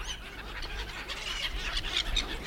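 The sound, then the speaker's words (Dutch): A noisy flock of gulls calls over one another while being fed bread on a jetty on the shore of the Pikmeer near Grauw, with overlapping squawks and cries in a steady chatter and a low rumble of wind or water underneath. “Zo wilde het wel, Ruurt Jelle, met een beetje brood op de steiger hier aan de oevers bij Grauw”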